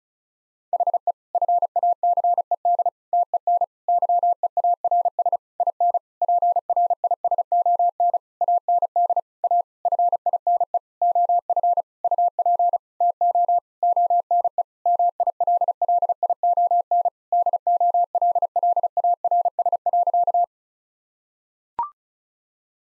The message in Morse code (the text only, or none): HE FACED TEN YEARS IN PRISON AND A FINE OF UP TO ONE MILLION DOLLARS.